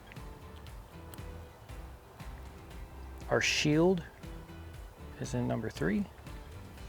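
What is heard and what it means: A shield wire pin is handled at socket three of a Deutsch connector, and the pin has not seated or clicked into the socket yet. Someone talks over a steady background music bed, with a few faint short ticks early in the clip.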